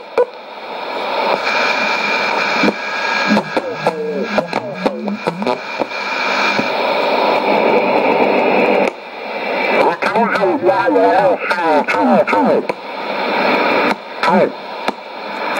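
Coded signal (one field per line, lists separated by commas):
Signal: numbers station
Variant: HM01, Spanish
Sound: a voice speaking short Spanish words in bursts through loud shortwave hiss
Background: radio static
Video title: 09 09 2016 Cuban Spy Numbers HM01 in Spanish 0654 on 10345 and 9330 Bejucal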